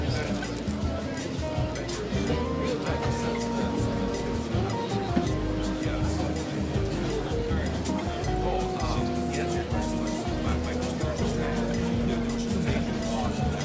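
Seaside cafe ambience: a steady, dense murmur of overlapping voices runs throughout, with a low rumble underneath and frequent small clinks and clatter of cups and dishes. Sustained tones drift in and out, and the overall level stays even across the clip.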